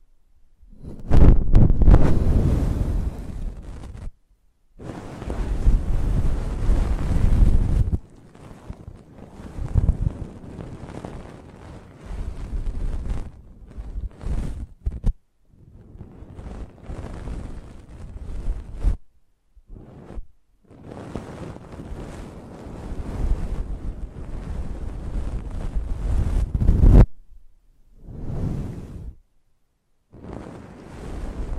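Close-up mic treatment: low, rumbling buffeting like wind hitting the microphone, arriving in uneven bursts of a few seconds each. The noise stops abruptly into near silence several times, with the heaviest gusts early on, around eight seconds and near twenty-seven.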